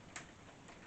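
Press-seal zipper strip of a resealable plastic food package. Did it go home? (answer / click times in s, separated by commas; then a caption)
yes / 0.2 s. The press-to-seal zipper strip of a resealable plastic food package is lined up and pressed closed by hand. A sharp snap sounds at 0.2 s over a quiet background, with fainter ticks later. The zipper is sealed properly, as the snap indicates.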